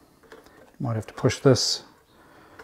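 A plastic embroidery hoop is slid along the attachment slide of the embroidery unit on a Singer EM9305 embroidery sewing machine, and a short mechanical click at 0.3 s shows it has seated. Someone talks in the middle of the clip.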